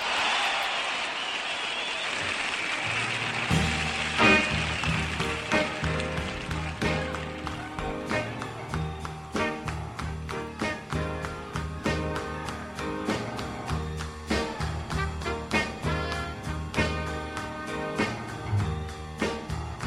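A crowd at the Monterey International Pop Festival applauds for a few seconds in a dense, steady wash of clapping, welcoming a performer, then a band starts playing with a strong, regular drumbeat over the fading applause.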